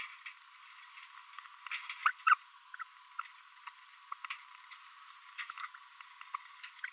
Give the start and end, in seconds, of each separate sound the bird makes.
2.04-2.10, 2.27-2.34, 2.80-2.83, 3.19-3.22